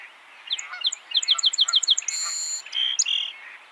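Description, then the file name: Song sparrow song: a series of quick sharp notes, a buzzy trill, then two short notes. "Melospiza melodia - Song Sparrow"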